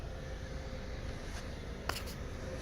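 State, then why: Seated. In the cargo area of a 2019 VW Tiguan 2.0T SEL FWD SUV, a rear seat back is folded down by hand and pushed until its latch clicks into the seat lock. A sharp click at 1.9 s stands out over a steady low background rumble. The folded rear seat seats and clicks nicely into place.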